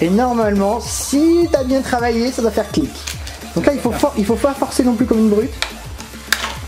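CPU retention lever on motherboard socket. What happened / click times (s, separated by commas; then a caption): The metal latch lever snapped into place / 6.3 s. A processor is placed in a motherboard CPU socket and the metal retention lever is pressed down until it latches, with someone talking throughout over background music. A faint tick comes at 6.0 s, then a sharp click at 6.3 s as the lever latches and the plastic protective cover pops off, leaving the CPU seated.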